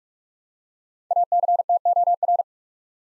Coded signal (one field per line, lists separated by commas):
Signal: Morse code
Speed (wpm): 44 wpm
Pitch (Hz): 700 Hz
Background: none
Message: ACTOR